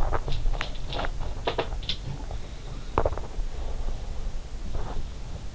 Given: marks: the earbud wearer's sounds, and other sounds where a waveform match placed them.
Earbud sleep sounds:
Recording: sounds in sleep by an in-ear microphone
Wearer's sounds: body movement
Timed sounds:
0.11-2.25 s: sound from someone else or the room
3.05-5.29 s: body movement

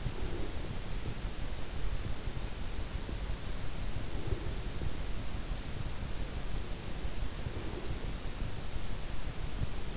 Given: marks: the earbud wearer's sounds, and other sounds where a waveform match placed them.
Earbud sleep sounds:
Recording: sounds in sleep by an in-ear microphone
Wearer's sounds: breath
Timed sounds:
0.00-1.03 s: breath
3.97-4.99 s: breath
7.44-8.45 s: breath

